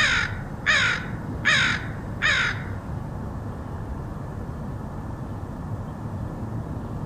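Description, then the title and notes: Crow giving four quick harsh caws in the first three seconds, followed by only steady low background noise. Crows recorded in Portland, Oregon, in August 2003. "Crows of Portland. Crows recorded by Dan Bodah in Portland, OR, August 2003"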